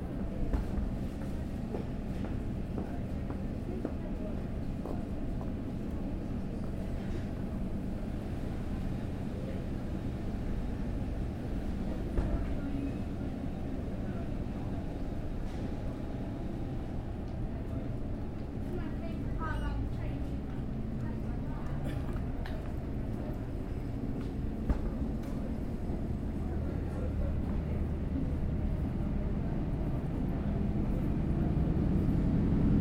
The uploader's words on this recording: Made on Platform 3B at Peterborough Station. I was waiting for a connecting train to somewhere.